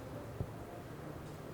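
Two new disc brake pads with a small spring fitted between them are handled and lined up before being pressed into a bicycle brake caliper. A single soft low thump at about 0.4 s stands out over a steady low background hum. Nothing has seated or clicked yet.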